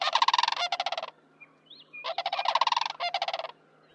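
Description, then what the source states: Sandhill Crane calling, rolling, rattling bugles in several bursts with a short gap, and faint thin whistles from another bird between them. Family groups travel together on the journey south and through winter, even in large flocks; parents often stay together for life; up to 3 chicks raised per season in the northern U.S. and Canada.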